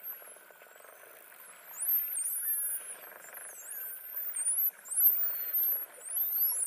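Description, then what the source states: Dolphins whistling, many high looping and sweeping tones overlapping in quick bursts, over a low background of underwater crackle and hiss. Dolphin voices with whistles.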